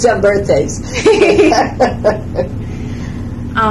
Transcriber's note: laughs